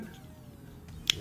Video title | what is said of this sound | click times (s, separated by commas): Transformers Kingdom Deluxe Class SCORPONOK Review #scorponok #beastwars #transformerskingdom | sure it snaps into place and there we go now that that leg is all the way into his tail | 1.1 s